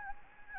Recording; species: mosquito wingbeat signal from an infrared sensor; Anopheles gambiae